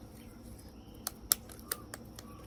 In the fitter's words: you know give it a little pull you can hear it lock in